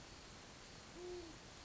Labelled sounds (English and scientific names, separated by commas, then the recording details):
Great Horned Owl (Bubo virginianus)
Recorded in Sonoma County, California